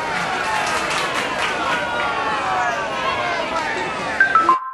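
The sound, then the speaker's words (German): A crowd claps steadily, a dense wash of applause mixed with chattering voices that holds at an even level for several seconds before stopping abruptly. “Bitte klatschen Sie jetzt.”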